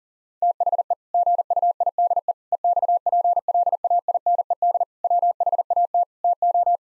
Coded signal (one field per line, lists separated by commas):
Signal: Morse code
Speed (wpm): 40 wpm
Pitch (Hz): 700 Hz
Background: none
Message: THE GUIDE EXPLAINED WHAT TO